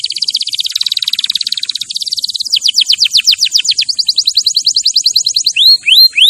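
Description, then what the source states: Canary song opening with a dense buzzy trill, moving into rapid falling sweeps and a high rattle, ending with a few slow upward-curving whistles. Champion canary song used as a master recording for training other birds to sing.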